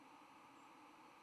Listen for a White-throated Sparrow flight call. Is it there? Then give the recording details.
yes. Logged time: 06:54 on 10 November 2014